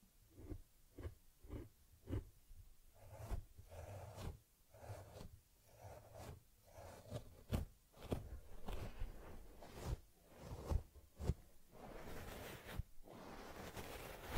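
Teddy bear grooming with head massage, cleansing and fur combing: soft rubbing and brushing strokes repeat roughly every half second to second, each a short scratchy swipe with a low thump underneath. The strokes stay steady throughout, growing slightly denser and brighter near the end.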